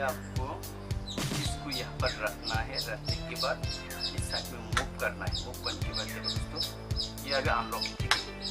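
A camera mount plate is placed on a DSLR slider head clamp and slid to the side, still unlocked, while someone talks over background music. Two sharp handling knocks come at about 0.9 s and 8.1 s, the second much louder. Nothing has seated or clicked yet.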